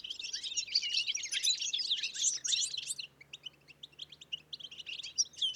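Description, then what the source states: European Goldfinch twittering from a group, a thick chatter of bright tinkling notes for three seconds, then thinning to scattered, sparser chirps, with a faint low hum beneath. Small roost of goldfinches; Plateau de Lesches-en-Diois, Drôme, 1000 m altitude; 30 January 2021; windless, sunny morning, sky clearing after days of rain; Nagra Seven with Telinga P7 parabolic reflector.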